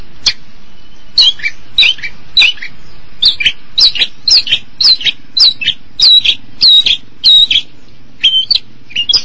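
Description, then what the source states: Long-tailed Shrike song: varied high notes, some slurred and whistled, some harsh, given in a rhythmic sequence of short phrases. Recorded March 2017.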